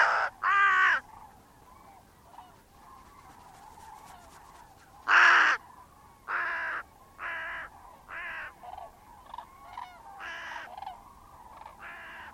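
Bird giving harsh, hoarse caws: two loud ones at the start, another strong one near five seconds, then a string of softer caws.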